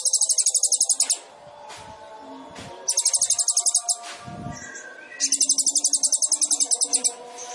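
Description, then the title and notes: Sunbird song: three bursts of fast, high-pitched, buzzy trilling separated by pauses with softer twittering and faint background noise. Indonesian masteran training recording for songbirds, with the bird singing actively (gacor) and full of isian and tembakan song phrases; meant as a lure (pancingan). "MASTERAN KOLIBRI NINJA FULL ISIAN DAN TEMBAKAN COCOK BUAT PANCINGAN. Suara Burung Kolibri Ninja Gacor"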